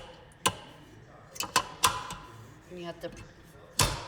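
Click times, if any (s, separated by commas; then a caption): 3.8 s. A stand mixer bowl is pressed down hard onto its base while someone talks. Several sharp knocks come earlier, around 0.5, 1.4, 1.6 and 1.9 seconds. A loud sharp hit at 3.8 seconds marks the bowl locking into place.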